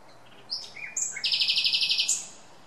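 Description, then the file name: Common nightingale song: a few varied chirps and slurred notes leading into a fast, loud, even rattle of repeated high notes. "Luscinia megarhynchos"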